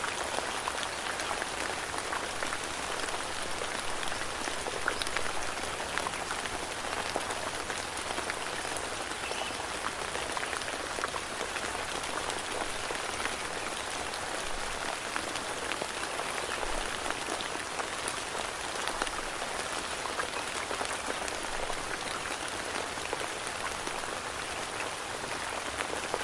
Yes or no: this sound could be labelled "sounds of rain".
yes